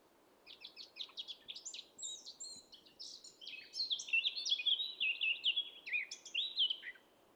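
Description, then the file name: Eurasian blackcap singing a hurried jumble of sharp, scratchy notes that gives way to a louder run of rich, warbled whistles before stopping. "Sylvia atricapilla"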